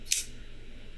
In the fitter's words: Yeah, it's got that little click for sure, though.